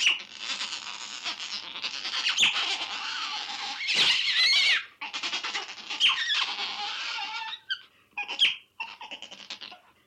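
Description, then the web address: Otter squealing, a run of high, strained whines with brief breaks, rising and falling in sharp bursts near the end. "animal otter"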